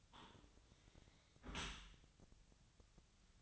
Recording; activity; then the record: daily activity, microphone in the room; close dishwasher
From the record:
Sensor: 3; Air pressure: 1003.1 hPa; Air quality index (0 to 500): 198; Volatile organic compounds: 6 ppm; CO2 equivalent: 1933 ppm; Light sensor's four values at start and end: 33/82/35/38 and 33/83/35/38